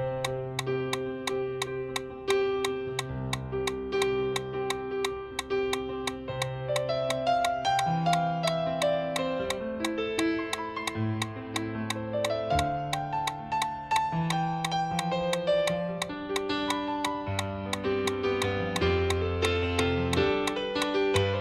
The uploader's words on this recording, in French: L’entrainement consiste à courir 1h15 en endurance à 175 pas par minute en suivant le métronome.